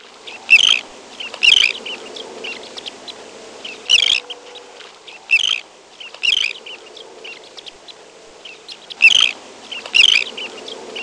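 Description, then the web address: Elegant tern giving harsh, grating calls singly and in pairs at uneven intervals, with a low hum underneath. "Peterson North American Birds iso sound elte"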